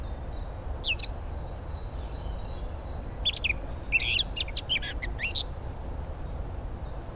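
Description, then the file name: Eurasian blackcap giving a few short, faint high notes, mostly around the middle, over a steady low rumble of background noise. "Sylvia atricapilla"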